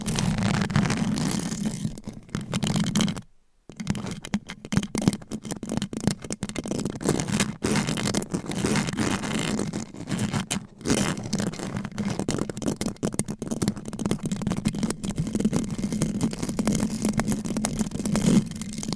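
Fast, aggressive scratching on a microphone, with a rough rasping texture that runs almost without pause. The strokes come in rapid, uneven bursts over a steady low hum, with a full silent gap near three seconds and brief dropouts around seven and eleven seconds.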